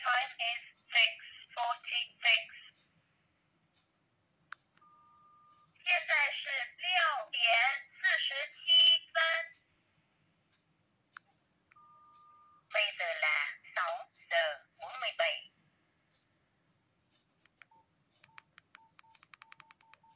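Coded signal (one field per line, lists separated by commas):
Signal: speaking clock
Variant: Nokia phone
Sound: three short recorded spoken announcements separated by pauses and brief tones, then faint clicks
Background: small room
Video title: Nokia 105(2013) - Speaking Clock Language!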